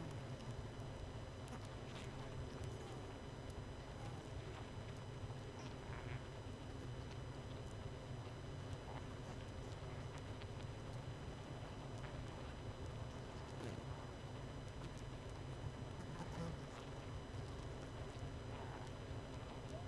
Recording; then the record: honeybee colony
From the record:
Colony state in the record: missing queen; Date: 31 May 2018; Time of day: 21:12